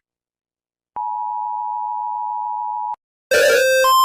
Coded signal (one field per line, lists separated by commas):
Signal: Emergency Alert System (SAME) tones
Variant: 853 and 960 Hz attention tone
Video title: EAS alarms #easalarm